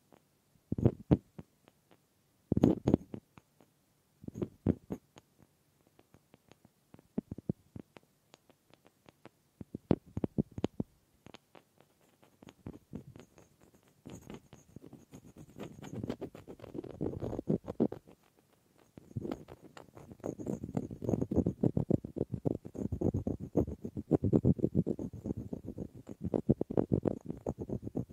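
Wooden tapping and scratching, starting as sparse, sharp knocks spaced a second or so apart. After about twelve seconds the sounds thicken into busier rustling and rapid scraping, growing denser and louder through the second half with only brief pauses.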